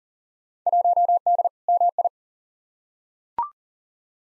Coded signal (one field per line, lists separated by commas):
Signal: Morse code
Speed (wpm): 39 wpm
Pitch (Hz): 700 Hz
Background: none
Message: 1D MI